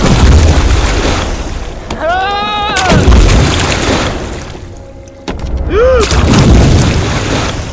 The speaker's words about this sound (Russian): Парни поочередно ныряют в озеро.